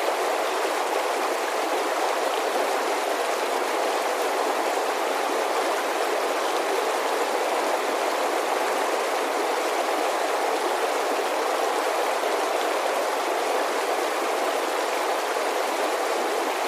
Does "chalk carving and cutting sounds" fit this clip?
no